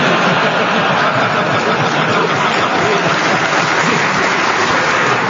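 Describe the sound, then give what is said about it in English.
A studio audience claps steadily and loudly, a dense, even wash of applause that holds its level for several seconds without a break. “Audience, you can clap if you like.”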